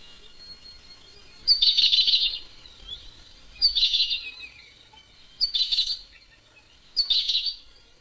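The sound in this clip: Bird making four harsh, raspy call bursts, each under a second long.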